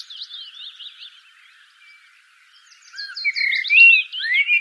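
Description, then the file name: Common blackbird song: quiet high twitters at first, then a louder fluty warbled phrase rising and falling near the end. "Turdus merula"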